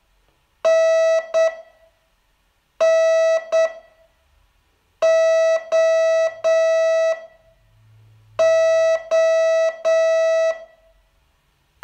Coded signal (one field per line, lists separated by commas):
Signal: Morse code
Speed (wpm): 8 wpm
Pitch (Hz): 650 Hz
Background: none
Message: N N O O